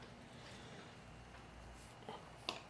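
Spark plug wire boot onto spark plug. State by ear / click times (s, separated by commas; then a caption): seated / 2.5 s. A rubber boot on a Screamin' Eagle 10mm Phat Plug Wire is pushed down onto the spark plug terminal of a Harley-Davidson M8 motorcycle engine over quiet background noise. A soft scuff at about 2.1 s comes just before a sharp, bright click at 2.5 s as the boot seats fully on the plug.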